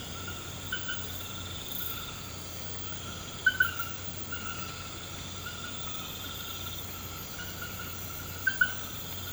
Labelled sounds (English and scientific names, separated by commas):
none